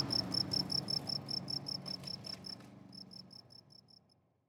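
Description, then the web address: Cricket chirping in an even rapid series, a short pause, then more chirps as the background noise fades away. "college-alain-crozon grillon"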